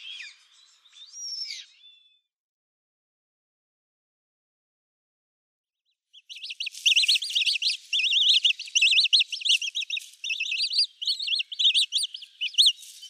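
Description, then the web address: Eurasian coot chick calls: a short wavering peep at the start, a silent gap, then a busy run of rapid high chirps. Downy young. "Schulze Peter Eurasian Coot downy Young"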